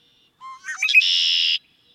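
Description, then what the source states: Red-winged Blackbird song: a few short introductory notes, then a buzzy, sustained trill lasting about half a second, in a quiet background. Song described as the most complicated in the world, with high pitches and low notes, smoothing out and then kicking up again.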